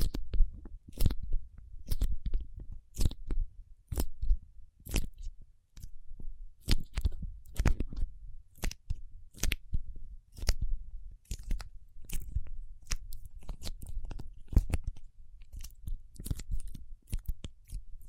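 Paraffin wax being handled, with sharp crackling snaps and taps landing irregularly about once or twice a second across the whole stretch. Between the crisp hits runs a low rustle of scraping and peeling, with a soft low rumble underneath.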